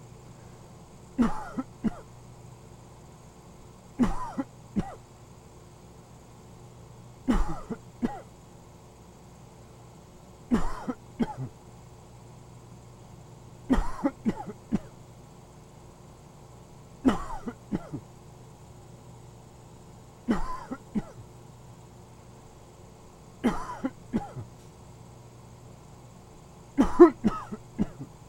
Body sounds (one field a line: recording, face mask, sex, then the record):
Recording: voluntary coughing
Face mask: surgical mask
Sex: male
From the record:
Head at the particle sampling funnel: turned sideways, cheek in front of it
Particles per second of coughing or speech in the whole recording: 3.04